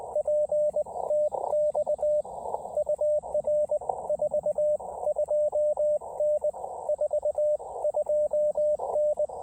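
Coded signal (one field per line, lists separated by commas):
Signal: Morse code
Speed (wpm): 20 wpm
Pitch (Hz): 590 Hz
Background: radio noise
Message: PTX UR 42N 42N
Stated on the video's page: CW Parks on the Air QRP activation using a 17-foot RandoWire portable antenna, with rapid contacts.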